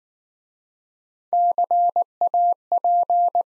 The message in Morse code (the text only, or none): CAP